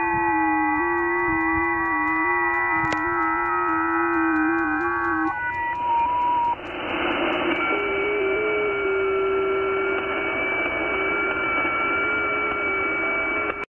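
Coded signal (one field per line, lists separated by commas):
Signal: FT8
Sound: several overlapping soft steady tones shifting pitch slightly in small steps, over hiss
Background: radio static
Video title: KHΦN, Mariana Is., Pacific Ocean, OC-086, 7MHz, FT8, Worked by HL2WA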